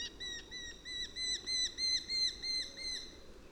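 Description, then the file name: Eurasian hobby calling: a fast series of clear, ringing, slightly downslurred notes, about three each second, over low background hiss. Adult perched in a tree. "Eurasian Hobby Calls From Adult Perched In Tree"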